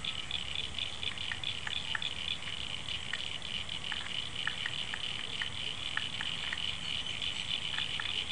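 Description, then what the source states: Frogs keep up an unbroken high pulsed trill, with many quick clicks sprinkled irregularly across the steady chorus. Frogs calling after rain, February 2011.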